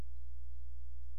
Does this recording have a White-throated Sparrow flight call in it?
no